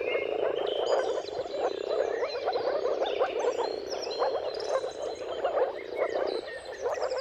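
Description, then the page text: Moor frogs in a constant, bubbling mating chorus of overlapping low calls, with occasional bird whistles and chirps above. Dawn chorus of many moor frogs giving mating calls at sunrise, at the turn of March and April, timing depending on the weather. "Jakub-Orzecki moor frogs. Dawn’s Chorus: Mating Calls of Marsh Frogs at Sunrise. Depending on the weather at the turn of March and April, you can witness an amazing spectacle of moor frogs"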